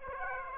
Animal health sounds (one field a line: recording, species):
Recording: mosquito wingbeat signal from an infrared sensor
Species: Aedes aegypti